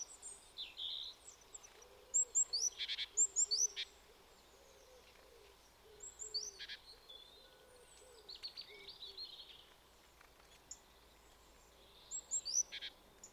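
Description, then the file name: Great tit calls: sharp chinking notes and high thin squeaks in irregular bursts, with soft low hooting notes underneath throughout. "Parus major"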